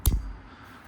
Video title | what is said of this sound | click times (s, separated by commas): Alfa Romeo Mito How To Replace Your Windshield Wiper Blades | Nice satisfying click as it clips in, | 0.1 s